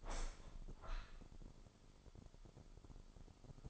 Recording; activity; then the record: daily activity, microphone in the room; open window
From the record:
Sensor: 5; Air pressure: 995.8 hPa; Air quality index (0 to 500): 106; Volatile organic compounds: 8 ppm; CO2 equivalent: 2064 ppm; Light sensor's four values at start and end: 40/98/40/41 and 40/98/40/41